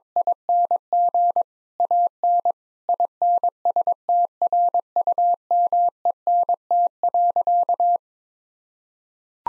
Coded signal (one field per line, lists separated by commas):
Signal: Morse code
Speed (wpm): 22 wpm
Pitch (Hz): 700 Hz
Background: none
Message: ING AN INSTRUMENT.